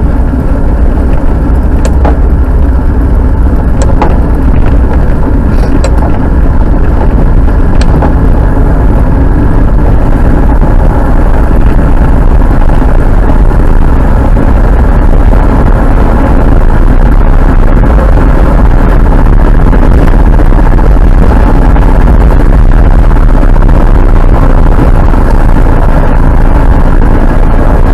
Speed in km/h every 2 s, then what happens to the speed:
31, 37, 42, 47, 52, 57, 63, 67, 67, 74, 80, 85, 78, 74.
0-21 speeds up to 85. 21-28 slows to 74.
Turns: none.